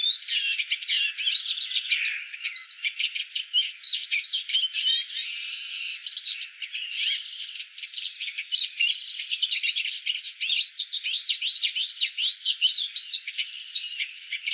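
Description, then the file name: Eurasian siskin in rapid twittering song, broken midway by a long drawn-out wheezy buzz, then resuming with quick high trills and chirps. "tarin des aulnes"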